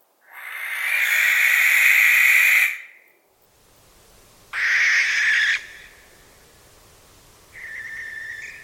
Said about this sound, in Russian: Амбарная сова. И да, она показывается ночью. И это сова, которая совершенно не угукает, не говорит уху, а это сова, которая, как из названия понятно, она сипит. Она как-то скрежещет, у нее какой-то совершенно безумный звук, вот послушайте.